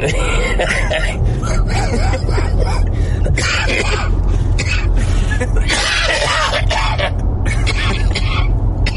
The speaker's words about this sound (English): We'll crop out about a minute of that coughing. Thank you. Crop out all of it.